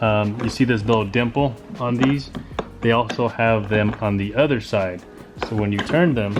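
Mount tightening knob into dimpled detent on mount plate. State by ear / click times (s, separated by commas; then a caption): not seated / none. Someone talks while handling the outer tightening knob of a RotoPax fuel-can mount for a Tacoma, pointing out the small dimples on the mount plate that the knob locks into when turned. The knob has not yet dropped into a dimple, so nothing has seated or clicked yet.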